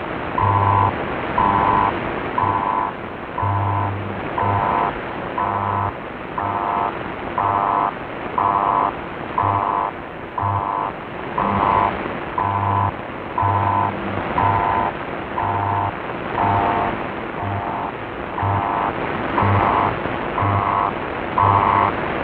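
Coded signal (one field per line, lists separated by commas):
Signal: radio time signal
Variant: BPM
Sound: repeating 1 kHz beeps roughly every second, about 22 of them, through hiss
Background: radio static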